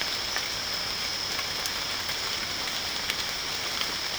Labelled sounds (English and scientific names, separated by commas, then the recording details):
none
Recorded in dense forest near Puerto Asís, Putumayo, Colombia, on 24 June 2025 at 18:00
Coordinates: 0.499, -76.324
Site G100